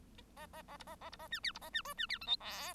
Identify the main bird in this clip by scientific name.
Lonchura striata domestica